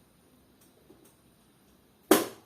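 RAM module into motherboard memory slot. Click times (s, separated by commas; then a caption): 2.1 s. A RAM module is pressed down into a motherboard DIMM slot until the retention clips lock. After faint handling noises around 0.6 s and 1.1 s, one loud, sharp, broadband click sounds at 2.1 s and then fades quickly. The stick is seated and locked in place.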